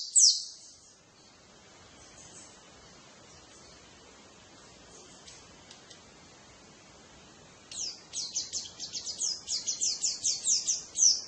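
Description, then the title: White-eye song, a loud high note at the start, then faint scattered chirps over quiet background hiss, then a run of quick twittering notes growing louder in the final seconds. "pleci"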